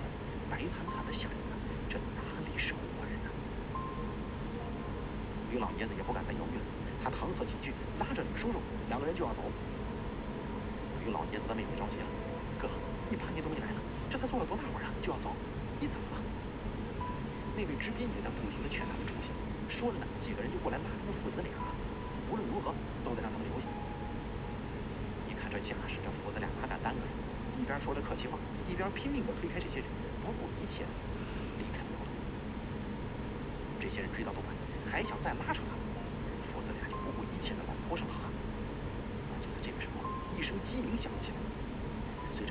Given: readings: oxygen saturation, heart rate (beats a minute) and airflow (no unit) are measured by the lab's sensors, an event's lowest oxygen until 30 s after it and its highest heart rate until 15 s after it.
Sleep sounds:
breathing in sleep by a voice recorder at the bedside; none
none scored
From the record:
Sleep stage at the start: N1 (lightest sleep); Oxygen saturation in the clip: 93 to 95%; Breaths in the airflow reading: 13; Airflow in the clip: -1.6 to 2.9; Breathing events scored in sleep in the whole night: 335 in 6.7 hours asleep

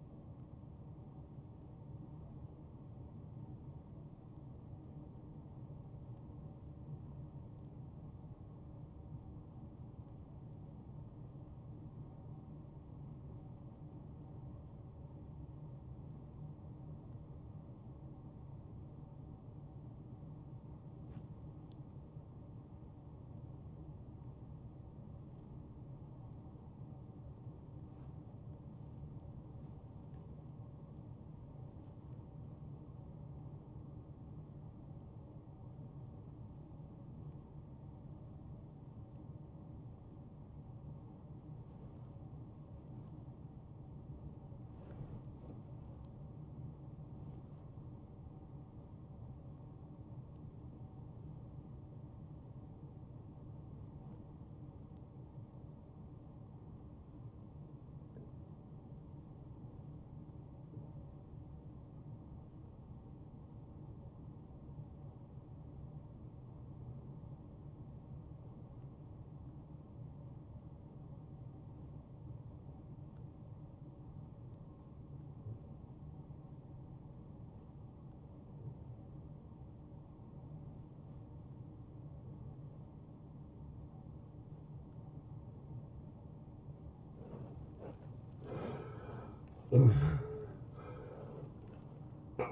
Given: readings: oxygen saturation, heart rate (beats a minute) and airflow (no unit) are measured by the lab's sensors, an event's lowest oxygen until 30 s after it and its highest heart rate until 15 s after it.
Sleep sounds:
breathing in sleep by a smartphone at the bedside; 1
4.00-87.50 s: obstructive apnea (REM, oxygen 93% highest, then 69% lowest, heart rate 72 at the start, 91 highest)
From the record:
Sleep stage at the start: REM sleep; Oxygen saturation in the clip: 81 to 95%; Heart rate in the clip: 57 to 78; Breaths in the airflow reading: 4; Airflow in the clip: -12.5 to 7.1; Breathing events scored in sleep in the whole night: 263 in 5.5 hours asleep

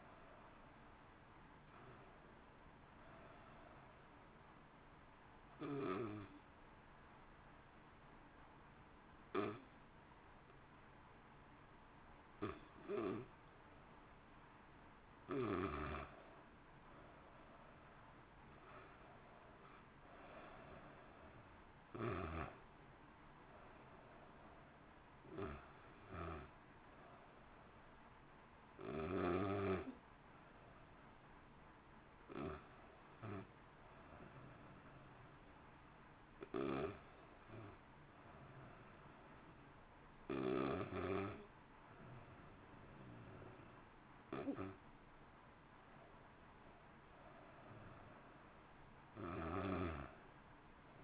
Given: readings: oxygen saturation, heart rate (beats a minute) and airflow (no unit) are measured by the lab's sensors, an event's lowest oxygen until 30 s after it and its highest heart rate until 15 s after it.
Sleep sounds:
breathing in sleep by a voice recorder at the bedside; 2
5.00-16.60 s: hypopnea (N1, oxygen 92% highest, then 87% lowest, heart rate 61 at the start, 64 highest)
32.00-46.00 s: hypopnea (N1, oxygen 93% highest, then 90% lowest, heart rate 59 at the start, 60 highest)
From the record:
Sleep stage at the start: N1 (lightest sleep); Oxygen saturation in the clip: 87 to 93%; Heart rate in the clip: 57 to 64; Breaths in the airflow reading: 15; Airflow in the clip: -1.1 to 1.1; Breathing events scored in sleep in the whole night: 328 in 6.3 hours asleep

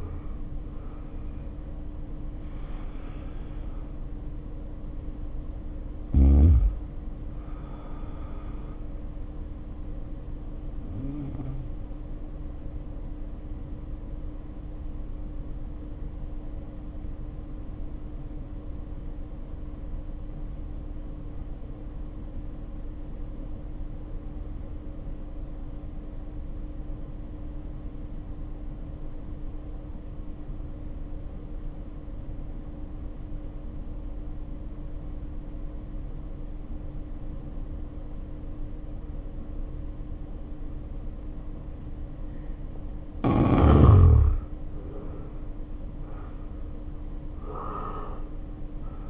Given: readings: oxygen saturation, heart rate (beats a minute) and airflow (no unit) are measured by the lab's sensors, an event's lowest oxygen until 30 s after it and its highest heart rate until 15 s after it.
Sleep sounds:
breathing in sleep by a smartphone at the bedside; 1
10.00-43.20 s: hypopnea (N2, oxygen 93% highest, then 73% lowest, heart rate 60 at the start, 69 highest)
From the record:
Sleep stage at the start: N2 (light sleep); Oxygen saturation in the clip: 73 to 93%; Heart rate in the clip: 46 to 70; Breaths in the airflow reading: 14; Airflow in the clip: -3.3 to 2.9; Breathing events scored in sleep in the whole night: 520 in 7.2 hours asleep

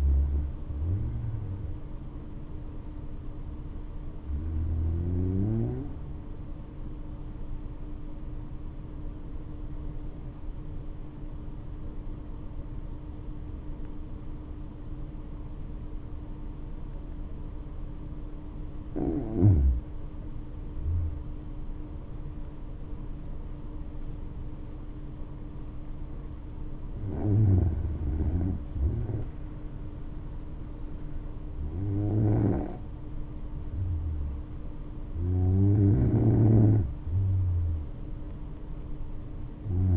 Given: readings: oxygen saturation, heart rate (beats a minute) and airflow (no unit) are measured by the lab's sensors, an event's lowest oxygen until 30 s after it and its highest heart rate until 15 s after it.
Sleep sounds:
breathing in sleep by a smartphone at the bedside; 1
6.00-20.00 s: hypopnea (N2, oxygen 96% highest, then 93% lowest, heart rate 57 at the start, 70 highest)
From the record:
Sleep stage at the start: N2 (light sleep); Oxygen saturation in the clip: 93 to 96%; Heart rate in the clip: 57 to 70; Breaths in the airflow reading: 6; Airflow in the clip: -6.4 to 11.2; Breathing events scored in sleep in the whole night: 228 in 5.4 hours asleep

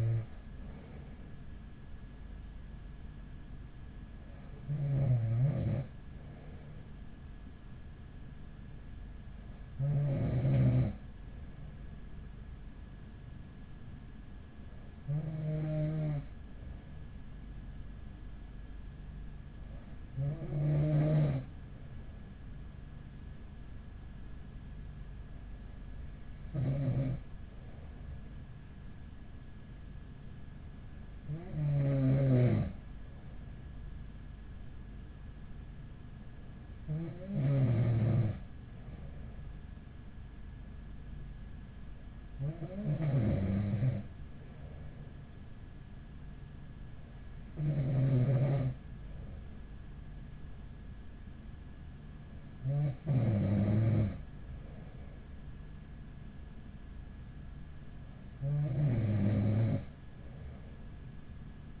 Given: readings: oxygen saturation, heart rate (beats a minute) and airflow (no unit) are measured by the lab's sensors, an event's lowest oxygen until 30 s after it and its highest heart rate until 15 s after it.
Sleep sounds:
breathing in sleep by a smartphone at the bedside; none
none scored
From the record:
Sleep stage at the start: N2 (light sleep); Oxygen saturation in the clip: 94 to 95%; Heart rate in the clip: 40 to 46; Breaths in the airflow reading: 12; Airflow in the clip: -6.0 to 3.9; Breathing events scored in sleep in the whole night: 207 in 7.6 hours asleep

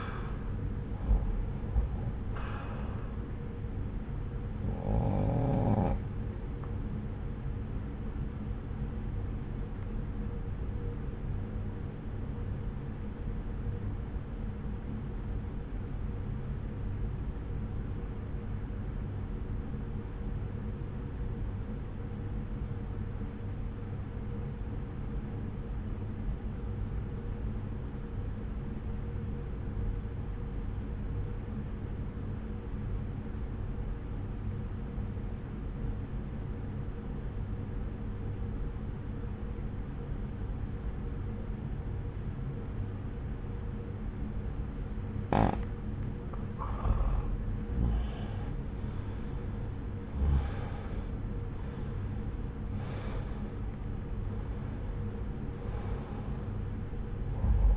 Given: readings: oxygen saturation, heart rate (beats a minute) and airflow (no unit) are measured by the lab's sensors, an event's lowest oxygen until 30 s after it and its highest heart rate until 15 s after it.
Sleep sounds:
breathing in sleep by a smartphone at the bedside; 1
10.00-47.20 s: obstructive apnea (REM, oxygen 96% highest, then 82% lowest)
From the record:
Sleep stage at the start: REM sleep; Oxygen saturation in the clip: 81 to 96%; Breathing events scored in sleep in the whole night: 303 in 8.1 hours asleep

